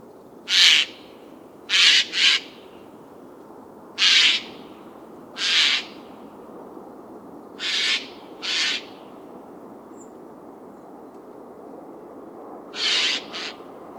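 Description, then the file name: Eurasian jay giving hoarse, grating screeches, single or doubled, spaced irregularly throughout, several calls against a soft background hiss. "Garrulus glandarius"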